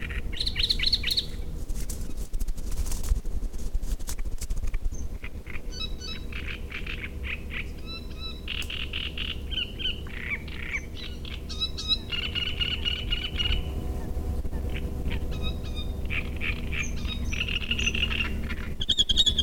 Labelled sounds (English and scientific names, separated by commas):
Great Reed Warbler (Acrocephalus arundinaceus)